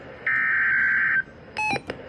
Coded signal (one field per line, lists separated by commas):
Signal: Emergency Alert System (SAME) tones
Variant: header bursts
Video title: EAS Alerts from the 2022 Arizona Monsoon Season (Phoenix)